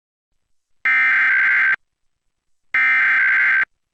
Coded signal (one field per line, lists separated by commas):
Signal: Emergency Alert System (SAME) tones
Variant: header bursts